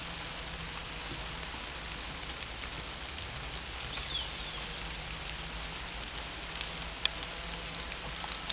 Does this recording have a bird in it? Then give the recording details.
no. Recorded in pastures near Puerto Asís, Putumayo, Colombia, on 21 December 2024 at 15:00. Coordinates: 0.472, -76.329. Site G072